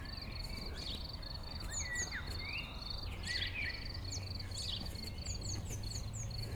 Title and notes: 195 Rue de Vars, 73310 Chindrieux, France - Jument enrhumée. Deux juments dans un pâturage , grillons, oiseaux proches et lointains